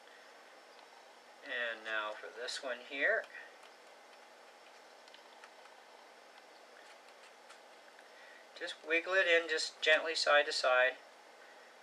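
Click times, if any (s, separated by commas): none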